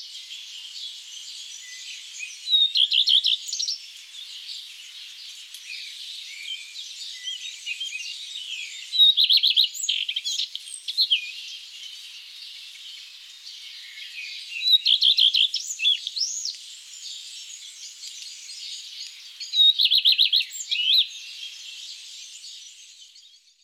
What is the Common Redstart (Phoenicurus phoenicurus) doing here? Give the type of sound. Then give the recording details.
song. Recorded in the wild. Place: Ihringen am Kaiserstuhl, Baden-Württemberg, DE. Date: 2008-04-28. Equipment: MiniDisc Sharp MT 20 H. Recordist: Schwarz, Dieter. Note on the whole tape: Song